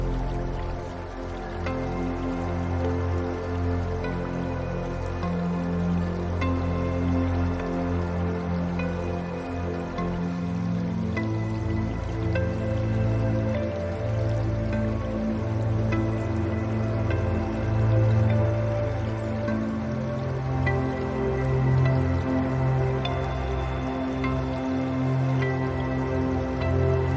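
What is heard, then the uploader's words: Soft, sustained guitar notes ring and overlap steadily above a low, constant wash of water with gentle dripping textures throughout. Serenity by the Shore: A Relaxing Blend of Guitar and Water Sounds for Meditation.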